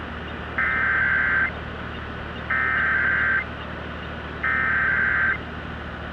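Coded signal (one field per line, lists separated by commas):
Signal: Emergency Alert System (SAME) tones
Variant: header bursts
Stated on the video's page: Required monthly test received from broadcast radio and TV.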